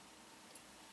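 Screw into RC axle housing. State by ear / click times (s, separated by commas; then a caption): not seated / none. A second screw with a little threadlocker is handled at the axle housing of an RC VP Currie F9 axle during assembly, with a steady broadband hiss and only a faint, soft bump near 0.55 s. Nothing has seated or clicked yet; the screw has not gone home in the axle.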